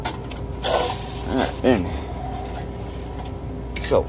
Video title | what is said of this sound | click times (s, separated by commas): Water Leaking From Island Cooler | squeeze it until it clicks snaps into place | 0.3 s